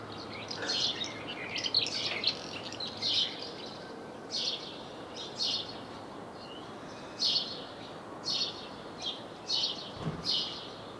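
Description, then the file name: House sparrow chirps, spaced single and paired notes with gaps of a second or more, some softer calls behind, faint background hiss. "Passer domesticus"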